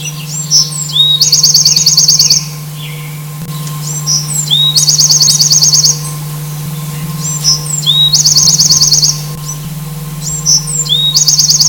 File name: bewicks wren